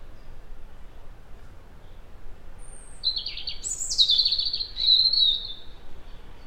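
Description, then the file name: European robin song: a long, high, silvery phrase of thin whistles, quick trills and drawn-out descending notes over soft background noise. "Erithacus rubecula"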